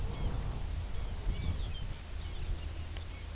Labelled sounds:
unidentified sound, Lapland Longspur (Calcarius lapponicus)
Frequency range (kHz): Lapland Longspur (Calcarius lapponicus) 1.9-5.8 kHz
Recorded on Arctic tundra, site UTQI-2, on 14 June 2019
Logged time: 18:00

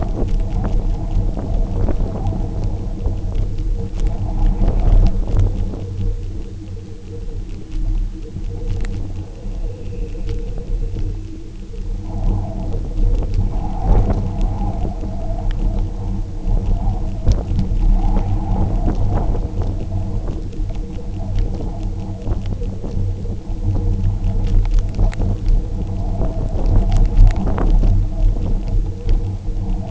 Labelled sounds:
Dunlin (Calidris alpina)
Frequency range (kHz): Dunlin (Calidris alpina) 2.1-3.3 kHz
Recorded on Arctic tundra, site UTQI-0, on 27 June 2018
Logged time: 10:00

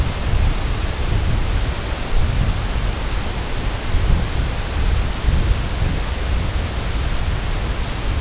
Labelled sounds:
none
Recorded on Arctic tundra, site CORI-1, on 18 June 2018
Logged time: 04:00

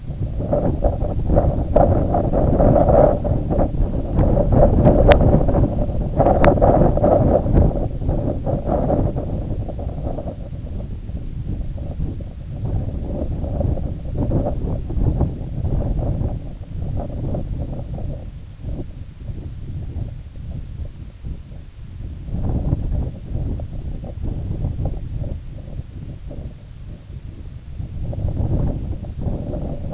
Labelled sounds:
none
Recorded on Arctic tundra, site IGLO-A, on 19 June 2018
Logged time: 03:59

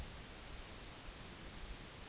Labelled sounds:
none
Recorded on Arctic tundra, site NAIT-1, on 2 July 2019
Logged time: 18:00

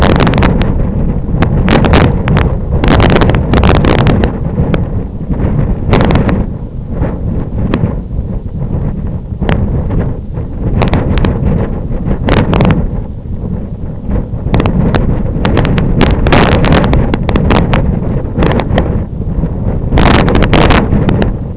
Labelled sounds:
none
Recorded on Arctic tundra, site IGLO-F, on 26 June 2018
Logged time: 08:00

